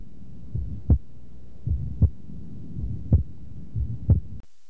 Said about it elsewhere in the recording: You must listen at the upper left sternal border so that you can most easily recognize pulmonary valve closure note the character of the second heart sound during the second systole following ventilatory effort. Recognition of a reduplication of the second sound after ventilation with a return to a single sound on expiration is termed normal or physiologic splitting of the second sound.